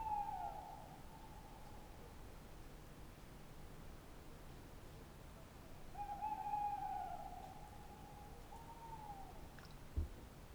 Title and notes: 314 Rte des Galets, 24005 Alles-sur-Dordogne, France - Chouette de Limeuil. Magnifique chouette hulotte en bord de Dordogne dans l'acoustique boisé de cette belle nuit étoilée! Fin du festival de Cadouin Les Rencontres du Réel